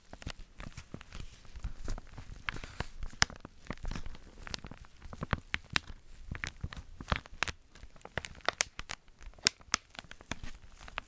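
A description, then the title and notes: Bare mic triggers made of quick, crisp taps and scratchy rubs, running densely through all eleven seconds. Sharp clicks land several times a second at an uneven pace, with a crinkly, rustling texture between them and a few louder pops around three and seven seconds. ASMR Intense Bare Mic Triggers.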